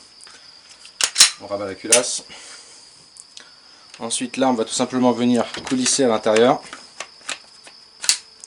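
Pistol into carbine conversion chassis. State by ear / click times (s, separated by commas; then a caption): seated / 8.1 s. A Glock 17 MOS Gen 4 pistol, with its slide pulled back, is slid into the chassis of a carbine conversion kit and pushed forward until it locks. Someone talks between scattered mechanical clicks and knocks, and a sharp click at 8.1 s marks the pistol seating in the chassis.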